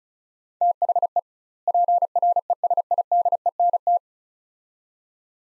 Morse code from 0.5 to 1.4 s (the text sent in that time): THE